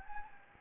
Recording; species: mosquito wingbeat signal from an infrared sensor; Anopheles gambiae